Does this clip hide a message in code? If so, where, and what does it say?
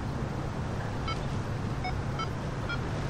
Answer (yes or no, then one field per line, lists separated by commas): no